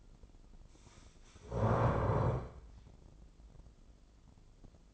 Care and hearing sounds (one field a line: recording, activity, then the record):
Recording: daily activity, microphone in the room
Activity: stand up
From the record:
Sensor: 5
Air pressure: 996.0 hPa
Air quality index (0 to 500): 246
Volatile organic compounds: 494 ppm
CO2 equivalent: 4812 ppm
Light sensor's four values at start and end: 175/417/177/194 and 175/417/177/194